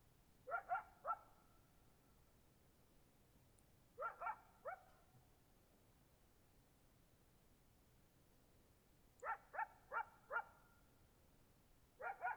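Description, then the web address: Coyote barks in short clipped clusters of two to four, harmonic and sharp, with long quiet gaps between bursts and faint low background hum. Coyotes in Oregon in 2015. "GDC 2018-Game Audio Bundle Discover Oregon - Coyotes Coyotes 2015. Sutton Close Coyote"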